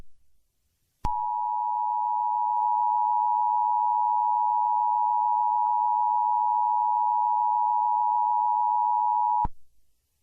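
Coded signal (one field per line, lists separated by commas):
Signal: Emergency Alert System (SAME) tones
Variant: 853 and 960 Hz attention tone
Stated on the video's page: Fake EAS scenario, a remake of an earlier mock.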